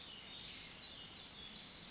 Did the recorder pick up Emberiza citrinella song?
no